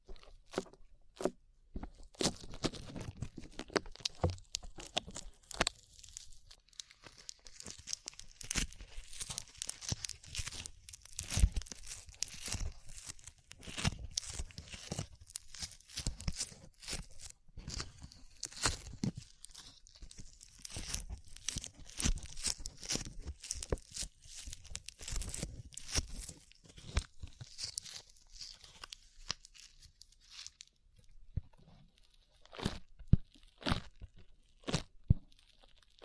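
Sticky slime is squished and pulled, giving a dense run of quick wet pops, crackles and tearing snaps. The sounds come nearly continuously through the first half, then thin out after about thirty seconds into a few sharp isolated clicks.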